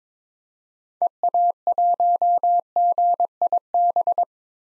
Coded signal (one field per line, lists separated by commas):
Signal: Morse code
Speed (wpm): 22 wpm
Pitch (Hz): 700 Hz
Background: none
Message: EA1GIB